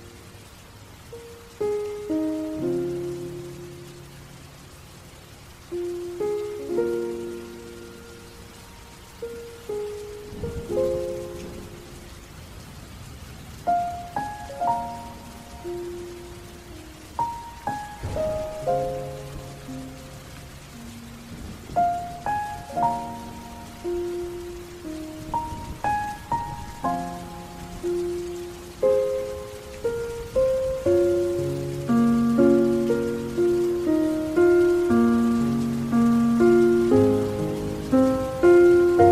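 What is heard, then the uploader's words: Slow, gentle piano plays sparse notes and chords that ring and fade, mostly in the low and middle range, growing fuller and busier after about thirty seconds. A soft, steady hiss of rain runs quietly underneath throughout. Sad Piano & Soft Rain.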